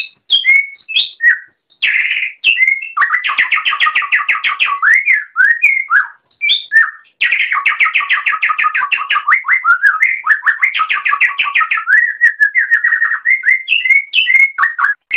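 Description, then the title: Oriental magpie-robin song, a loud varied run of whistled slurs and rapid rattling trills around mid-high pitch, nearly continuous with short pauses. "Kicau Kacer"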